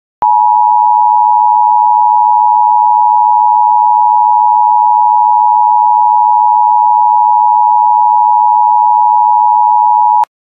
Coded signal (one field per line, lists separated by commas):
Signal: Emergency Alert System (SAME) tones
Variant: 853 and 960 Hz attention tone